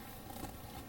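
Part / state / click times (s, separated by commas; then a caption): plastic model kit part into the weapon assembly / not seated / none. A plastic part of a Real Grade Char's Zaku II plastic model kit is handled and pressed onto the weapon assembly, with only faint, steady handling noise and a low hum throughout. The part has not snapped into place yet; nothing has seated or clicked.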